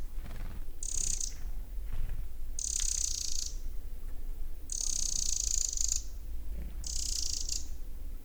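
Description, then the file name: Eurasian wren calling with four harsh, buzzy high rattles, each about half a second to just over a second long, spaced roughly every two seconds against low background noise. "Troglodytes troglodytes"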